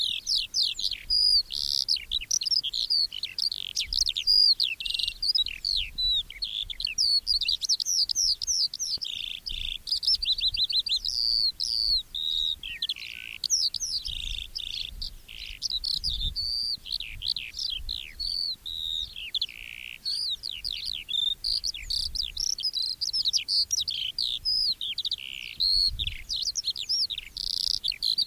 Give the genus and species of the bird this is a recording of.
Alauda arvensis